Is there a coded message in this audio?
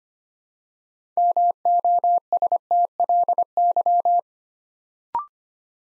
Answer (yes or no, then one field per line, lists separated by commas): yes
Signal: Morse code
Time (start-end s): 1.2-4.2 s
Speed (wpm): 25 wpm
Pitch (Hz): 700 Hz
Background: none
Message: MOSTLY